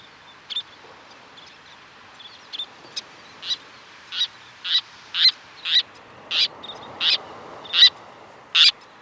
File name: Golosa ptic - Karlikovaya krachka Sternula antillarum